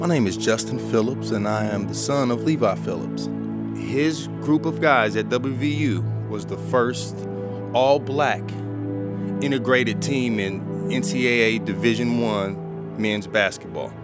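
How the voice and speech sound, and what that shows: An adult man speaks fluently in a steady, mid-low voice with clear articulation and natural pauses. No audible voice or speech disorder; typical conversational speech.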